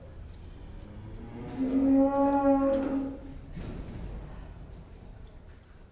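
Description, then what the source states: Cow mooing: one drawn-out, steady, harmonic moo lasting about a second and a half, with low rumbling and faint knocks around it. Cows in a pen.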